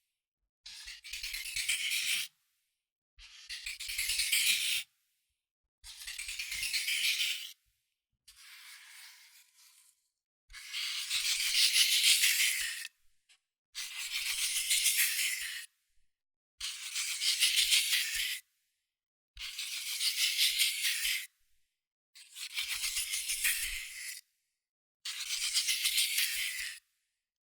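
Quick scratching and tracing strokes on cardboard and paper come in ten separate bursts, each about two seconds long with short silences between. The sound is dry and bright, with no low tones. The fourth burst is softer, and the fifth runs longest.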